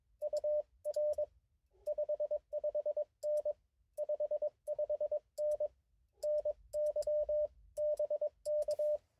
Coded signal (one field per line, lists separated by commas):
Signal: Morse code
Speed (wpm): 22 wpm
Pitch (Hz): 590 Hz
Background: radio noise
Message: UR 55N 55N NY BK